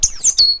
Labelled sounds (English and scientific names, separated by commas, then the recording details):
Stitchbird (Notiomystis cincta) song
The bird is a male
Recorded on Tiritiri Matangi Island, New Zealand, in 2005
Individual 8, of nest box 10